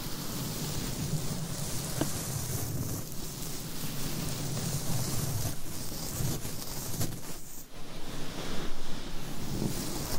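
Mic scratching makes a dense, steady rustling hiss with low rumbling patches, brief sharp ticks, a short dip near eight seconds, then louder scraping.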